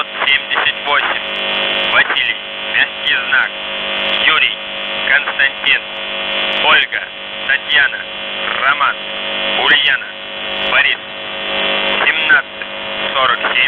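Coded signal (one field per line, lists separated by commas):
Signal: coded military voice message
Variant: UVB-76, Russian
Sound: russian voice reading number groups and phonetic-alphabet names over steady radio hum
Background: radio hum and static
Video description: "The Buzzer" is a Russian military station that broadcasts on 4625 kHz.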